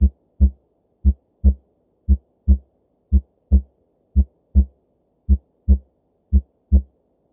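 Seven crisp, low-pitched paired heartbeats, a lub followed closely by a dub, at about 58 beats per minute with a steady rhythm. The spaces between beats are quiet, with no murmur evident. This is a looped stethoscope heart sound for medical training.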